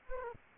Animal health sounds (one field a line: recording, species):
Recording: mosquito wingbeat signal from an infrared sensor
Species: Anopheles arabiensis